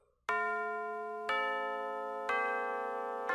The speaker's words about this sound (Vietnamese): Đồng hồ quả lắc nhà ông Thành vang lên điểm đúng 3 giờ.